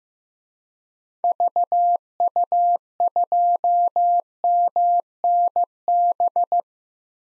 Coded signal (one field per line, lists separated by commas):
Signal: Morse code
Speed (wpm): 15 wpm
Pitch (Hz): 700 Hz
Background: none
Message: VU2MNB